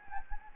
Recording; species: mosquito wingbeat signal from an infrared sensor; Anopheles gambiae